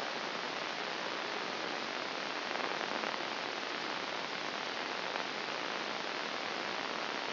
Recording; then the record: brain microelectrode recording played as sound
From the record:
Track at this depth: outside the subthalamic nucleus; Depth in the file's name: 1.238 mm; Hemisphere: left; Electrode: 2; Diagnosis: Parkinson's disease